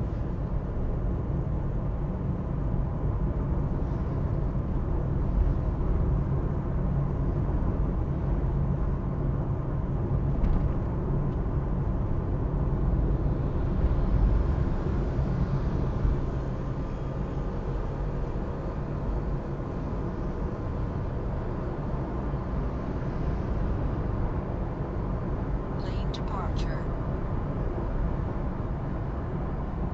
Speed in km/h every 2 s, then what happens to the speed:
42, 54, 57, 60, 64, 67, 68, 63, 62, 60, 64, 68, 70, 72, 76.
0-10 speeds up to 67. 10-18 slows to 60. 18-30 speeds up to 76.